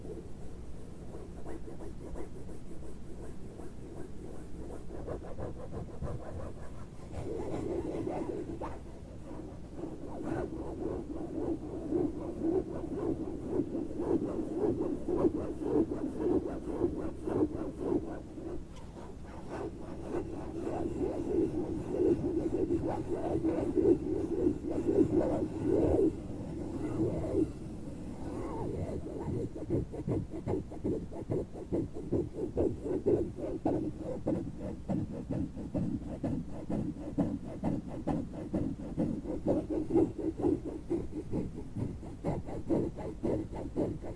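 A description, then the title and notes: Fabric is scratched in quick, continuous strokes for the whole stretch, a dense rasping rub with a dull, mostly low-middle tone. The motion grows a little louder and busier after about twenty seconds, with brief pauses and slight catches around eight and twenty-seven seconds. ASMR SCRATCHING NO TALKING, asmr scratching fabric. Fabric scratching.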